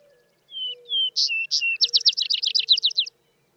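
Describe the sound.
Vesper sparrow song beginning with falling whistles, then brighter notes and a rapid chattering trill of many quick elements, with faint low tones beneath.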